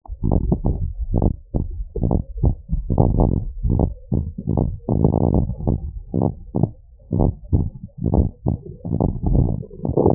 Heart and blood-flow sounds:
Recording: heart sounds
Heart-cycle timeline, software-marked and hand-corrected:
0.00	0.28	diastole
0.28	0.42	S1
0.42	0.68	systole
0.68	0.80	S2
0.80	1.16	diastole
1.16	1.32	S1
1.32	1.62	systole
1.62	1.72	S2
1.72	2.04	diastole
2.04	2.20	S1
2.20	2.44	systole
2.44	2.54	S2
2.54	2.82	diastole
2.82	2.92	S1
2.92	3.18	systole
3.18	3.32	S2
3.32	3.64	diastole
3.64	3.80	S1
3.80	4.12	systole
4.12	4.26	S2
4.26	4.56	diastole
4.56	4.70	S1
4.70	5.00	systole
5.00	5.12	S2
5.12	5.38	diastole
5.38	5.48	S1
5.48	5.74	systole
5.74	5.84	S2
5.84	6.18	diastole
6.18	6.32	S1
6.32	6.62	systole
6.62	6.74	S2
6.74	7.14	diastole
7.14	7.28	S1
7.28	7.54	systole
7.54	7.70	S2
7.70	8.12	diastole
8.12	8.26	S1
8.26	8.54	systole
8.54	8.62	S2
8.62	8.92	diastole
8.92	9.02	S1
9.02	9.30	systole
9.30	9.46	S2
9.46	9.84	diastole
9.84	9.96	S1
9.96	10.15	systole
From the record:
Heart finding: normal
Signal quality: good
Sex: male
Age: 40 years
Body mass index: 26.2

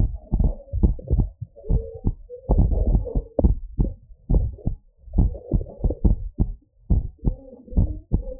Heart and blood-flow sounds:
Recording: heart sounds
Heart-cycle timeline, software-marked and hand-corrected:
0.00	0.11	S1
0.11	0.35	systole
0.35	0.49	S2
0.49	0.81	diastole
0.81	0.93	S1
0.93	1.13	systole
1.13	1.27	S2
1.27	1.71	diastole
1.71	1.83	S1
1.83	2.07	systole
2.07	2.15	S2
2.15	2.51	diastole
2.51	2.69	S1
2.69	2.89	systole
2.89	3.03	S2
3.03	3.43	diastole
3.43	3.57	S1
3.57	3.81	systole
3.81	3.91	S2
3.91	4.31	diastole
4.31	4.47	S1
4.47	4.67	systole
4.67	4.77	S2
4.77	5.17	diastole
5.17	5.31	S1
5.31	5.53	systole
5.53	5.63	S2
5.63	6.03	diastole
6.03	6.17	S1
6.17	6.41	systole
6.41	6.51	S2
6.51	6.91	diastole
6.91	7.03	S1
7.03	7.27	systole
7.27	7.35	S2
7.35	7.75	diastole
7.75	7.89	S1
7.89	8.13	systole
8.13	8.23	S2
8.23	8.40	diastole
From the record:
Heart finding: abnormal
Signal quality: good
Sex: male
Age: 48 years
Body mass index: 28.7

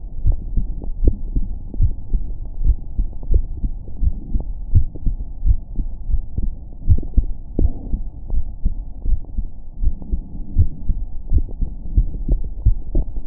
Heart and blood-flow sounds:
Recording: heart sounds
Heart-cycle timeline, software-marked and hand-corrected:
0.00	0.24	diastole
0.24	0.36	S1
0.36	0.56	systole
0.56	0.68	S2
0.68	1.00	diastole
1.00	1.14	S1
1.14	1.34	systole
1.34	1.46	S2
1.46	1.78	diastole
1.78	1.92	S1
1.92	2.14	systole
2.14	2.26	S2
2.26	2.60	diastole
2.60	2.76	S1
2.76	2.96	systole
2.96	3.06	S2
3.06	3.30	diastole
3.30	3.42	S1
3.42	3.62	systole
3.62	3.72	S2
3.72	4.02	diastole
4.02	4.14	S1
4.14	4.34	systole
4.34	4.44	S2
4.44	4.72	diastole
4.72	4.86	S1
4.86	5.06	systole
5.06	5.16	S2
5.16	5.44	diastole
5.44	5.58	S1
5.58	5.78	systole
5.78	5.86	S2
5.86	6.10	diastole
6.10	6.22	S1
6.22	6.42	systole
6.42	6.54	S2
6.54	6.88	diastole
6.88	7.00	S1
7.00	7.16	systole
7.16	7.28	S2
7.28	7.58	diastole
7.58	7.72	S1
7.72	7.92	systole
7.92	8.02	S2
8.02	8.32	diastole
8.32	8.44	S1
8.44	8.64	systole
8.64	8.74	S2
8.74	9.06	diastole
9.06	9.18	S1
9.18	9.38	systole
9.38	9.48	S2
9.48	9.82	diastole
9.82	9.94	S1
9.94	10.12	systole
10.12	10.22	S2
10.22	10.56	diastole
10.56	10.70	S1
10.70	10.90	systole
10.90	11.00	S2
11.00	11.30	diastole
11.30	11.44	S1
11.44	11.62	systole
11.62	11.70	S2
11.70	11.96	diastole
11.96	12.08	S1
12.08	12.28	systole
12.28	12.40	S2
12.40	12.64	diastole
12.64	12.78	S1
12.78	12.96	systole
12.96	13.08	S2
13.08	13.27	diastole
From the record:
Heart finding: normal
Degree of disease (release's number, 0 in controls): 0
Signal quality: good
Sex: female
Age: 24 years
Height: 1.75 m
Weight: 90 kg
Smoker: no

